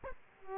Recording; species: mosquito wingbeat signal from an infrared sensor; Aedes aegypti